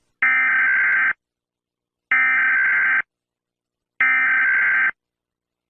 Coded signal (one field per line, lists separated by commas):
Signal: Emergency Alert System (SAME) tones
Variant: header bursts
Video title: A eas scenario